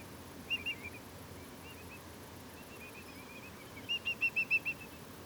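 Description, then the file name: Whimbrel piping: a brief pair of whistles early on, soft calls in the middle, then a loud, fast run of several even whistled notes near the end. Whimbrels piping a lot at Portland, 17 August 2023. "Whimbrels-lots-of-piping-Portland-230817"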